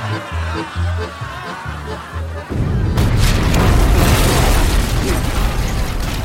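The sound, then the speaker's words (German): A steady, pulsing low rhythm gives way to a sudden, powerful gunpowder explosion, a deep booming blast that swells into a loud, sustained rumbling roar lasting several seconds. It is the forward powder magazine of Henry Morgan's ship Oxford bursting during a feast at Cartagena. “Die vordere Pulverkammer der Oxford zerbirst mit einem ohrenbetäubenden Knall.”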